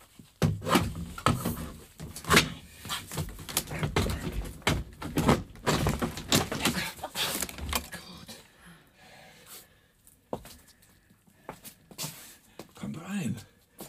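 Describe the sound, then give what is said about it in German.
A garden shed door is levered up with a spade: repeated scraping, creaking strains and dull wooden thunks in uneven bursts, with voices murmuring through much of it before a quieter stretch. “Klemmen Sie den mal unter die Tür und heben Sie sie hoch, aber leise.”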